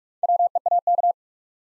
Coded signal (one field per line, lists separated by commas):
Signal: Morse code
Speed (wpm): 44 wpm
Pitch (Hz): 700 Hz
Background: none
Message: WEAK